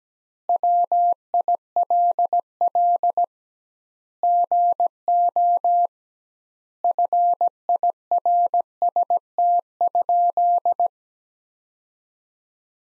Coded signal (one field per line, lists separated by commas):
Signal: Morse code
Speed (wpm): 17 wpm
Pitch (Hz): 700 Hz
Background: none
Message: WILL GO FIRST?